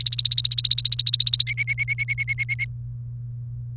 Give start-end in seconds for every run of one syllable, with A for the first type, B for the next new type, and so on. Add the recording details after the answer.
0.00-1.43 A, 1.47-2.65 B. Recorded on 30 April 2018 at 16:47. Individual llb3